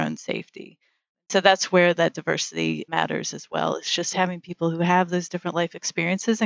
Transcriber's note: none